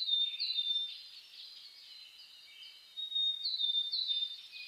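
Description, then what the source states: Birds in a dawn chorus, overlapping high whistles and chirps, with louder bursts near the start and again after three seconds over a soft hiss. Dawn chorus (reimei) of birdsong (saezuri) on 10 May 2010.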